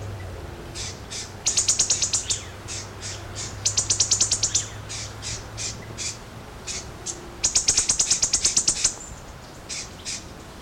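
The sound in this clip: Black-chested sparrow singing repeated high, fast trills of clipped notes, three bursts with scattered single high chips in between, over a low hum early on.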